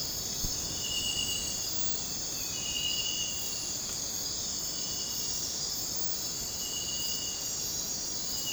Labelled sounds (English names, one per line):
none